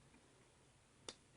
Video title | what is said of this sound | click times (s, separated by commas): Transformers Fall Of Cybertron Topspin | so it does pop right back in | 1.1 s